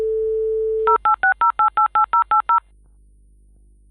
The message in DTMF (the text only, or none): 0860888080